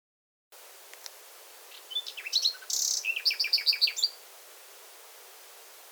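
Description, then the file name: Common nightingale phrase: faint scattered chips growing into a brief loud buzz and a run of quickly repeated sharp notes, followed by quiet. "Luscinia megarhynchos"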